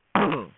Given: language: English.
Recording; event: throat vibration sensor signal played as sound; throat clearing